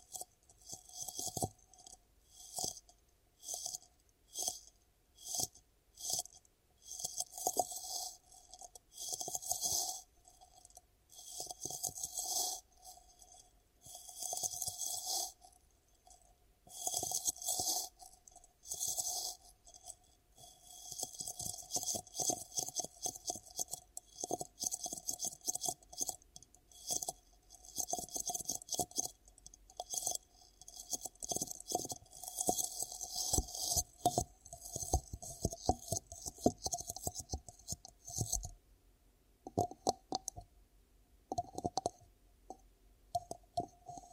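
Ear cupping triggers for ASMR, with hands rubbing and cupping in bursts of rustling hiss and soft muffled thumps. The sound comes in short on-off swells that shift pattern every few seconds, growing denser and more crackly around the thirty-second mark before easing off near the end.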